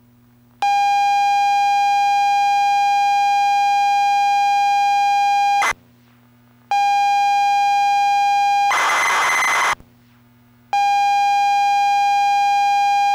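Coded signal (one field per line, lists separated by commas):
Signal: ZX Spectrum tape loading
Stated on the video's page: Tape loading on real ZX Spectrum 128K +2 hardware.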